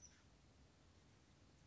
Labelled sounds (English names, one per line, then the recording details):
Oak Titmouse
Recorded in Sonoma County, California